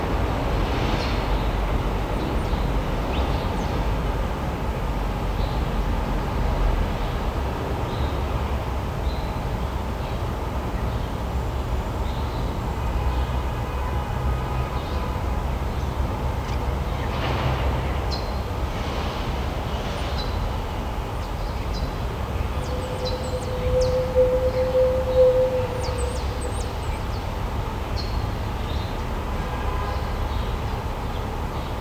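A field recording of a steady, dense rumble, heavy in the low end, like a passing train or vehicle that holds at an even level for the whole half minute. A brief clear tone sounds around 23 to 26 seconds, and faint scattered clicks and squeaks ride on top.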